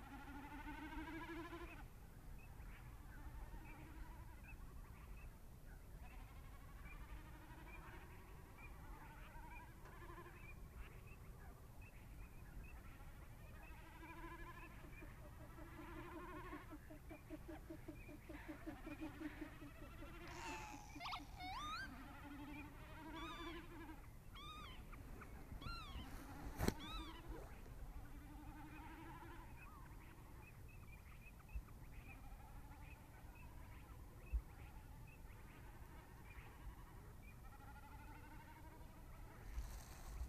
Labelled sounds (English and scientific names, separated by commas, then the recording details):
Common Snipe (Gallinago gallinago) bleating
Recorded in the wild
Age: adult
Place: Schwedt/Oder, Nationalpark Unteres Odertal, Brandenburg, DE
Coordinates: 53.139, 14.3631
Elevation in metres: 1
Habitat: wetland
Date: 2015-04-22 21:29
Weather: clear, 6°C, almost windless
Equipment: Sound Devices 702, Sennheiser MKH 70, Rycote Windschutz
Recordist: Frommolt, Karl-Heinz